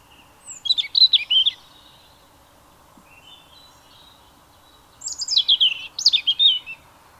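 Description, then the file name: European robin, two bursts of high twittering trilled notes separated by a few seconds of quiet, with a faint background hum. "Erithacus rubecula"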